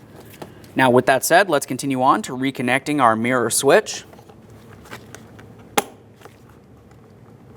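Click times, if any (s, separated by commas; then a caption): 5.8 s. Someone talks for the first four seconds; then a wiring connector is plugged into the mirror switch on the door panel of a 1998-2002 Lincoln Navigator during a front driver's side door lock actuator replacement. Soft handling taps lead up to a sharp click at 5.8 s as the connector seats, after which it is tugged to make sure it is secure.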